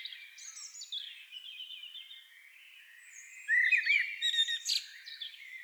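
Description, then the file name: Common blackbird song: soft fluted notes swelling into a louder warbled phrase with a sharp, high squeaky ending. "Turdus merula"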